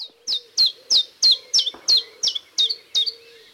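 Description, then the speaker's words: Common chiffchaff song, a steady staccato series of sharp high notes, about three per second, without rising or falling overall. Two-syllable song that gives the bird its name; punchier than the great tit's, with a staccato rhythm and no change in pitch. "Now we're going to hear the chiff-chaff."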